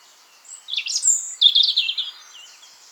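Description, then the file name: European robin song, a short high warbled phrase with a rising sweep and rapid trilled notes, fading out. "Erithacus rubecula"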